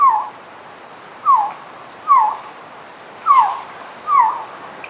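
Resplendent quetzal uttering clear falling whistled notes in a repeated series.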